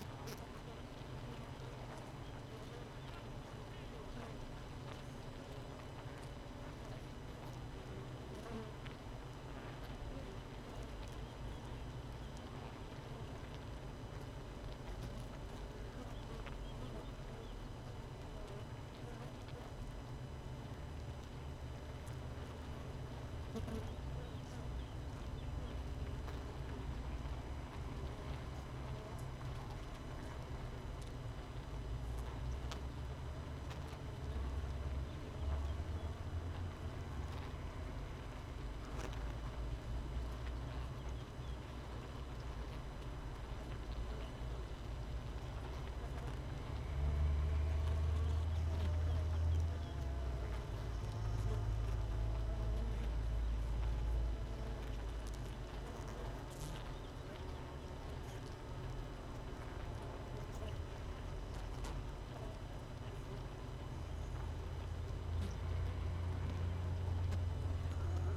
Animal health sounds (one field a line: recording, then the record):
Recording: honeybee colony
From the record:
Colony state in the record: missing queen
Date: 31 May 2018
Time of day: 6:42